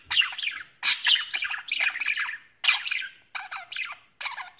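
Budgerigar squawks, loud grating bursts about once a second, each trailing off into softer chatter.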